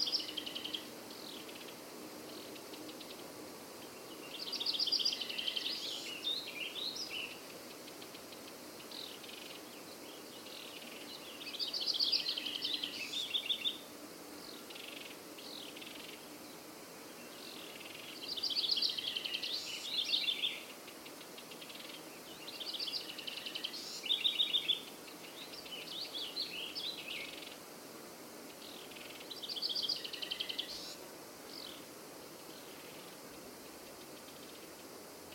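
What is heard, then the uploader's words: A forest at midday with birds calling in bright, chirping bursts roughly every six seconds, each lasting a couple of seconds, near 4 kHz. Between the calls a soft, steady hiss of background noise fills the air, with faint low rumble underneath. Mid-Day Forest. Recorded June 2022.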